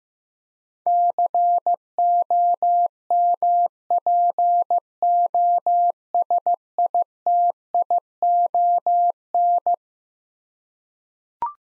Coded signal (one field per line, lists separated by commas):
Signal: Morse code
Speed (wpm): 15 wpm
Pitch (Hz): 700 Hz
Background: none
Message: COMPOSITION